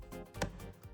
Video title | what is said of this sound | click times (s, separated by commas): Beginner drill tips. Yes, You Can Use a Drill. | putting it into the charger with a nice click. | 0.4 s